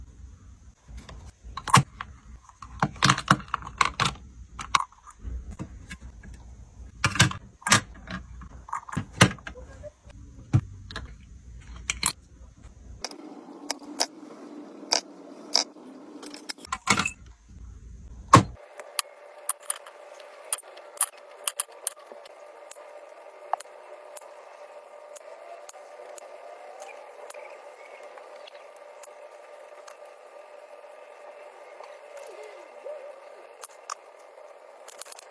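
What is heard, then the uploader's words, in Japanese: Cosmetics being put away: frequent sharp clicks, taps and rattles of small containers, thick in the first eighteen seconds over a low rumble. After that the rumble cuts out, leaving a steady mid-pitched hum with a faint tone, and sparser light clicks continue to the end. コスメ収納_生活音。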